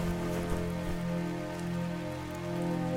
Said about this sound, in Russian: Хмурое небо сквозь ветви деревьев. Льет дождь, сверкает молния.